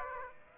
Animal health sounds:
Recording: mosquito wingbeat signal from an infrared sensor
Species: Aedes aegypti

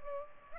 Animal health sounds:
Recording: mosquito wingbeat signal from an infrared sensor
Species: Culex pipiens

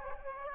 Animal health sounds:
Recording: mosquito wingbeat signal from an infrared sensor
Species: Aedes aegypti

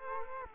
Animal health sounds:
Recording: mosquito wingbeat signal from an infrared sensor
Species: Culex quinquefasciatus

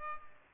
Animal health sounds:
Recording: mosquito wingbeat signal from an infrared sensor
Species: Culex pipiens

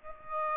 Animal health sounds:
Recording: mosquito wingbeat signal from an infrared sensor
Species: Aedes aegypti

